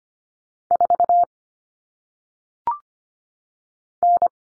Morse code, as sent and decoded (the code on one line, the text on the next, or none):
....- / -.
4 N